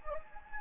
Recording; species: mosquito wingbeat signal from an infrared sensor; Anopheles gambiae